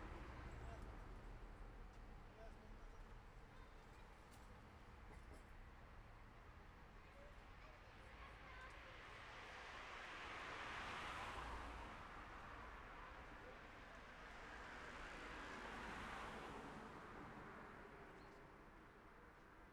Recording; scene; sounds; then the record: everyday scene through a hearing-aid microphone; in traffic; traffic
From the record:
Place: city secondary road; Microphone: behind the ear, left, rear